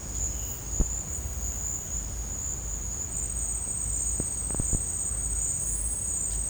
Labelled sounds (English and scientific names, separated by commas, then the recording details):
none
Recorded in dense forest near Puerto Asís, Putumayo, Colombia, on 26 December 2024 at 09:30
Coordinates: 0.481, -76.323
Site G100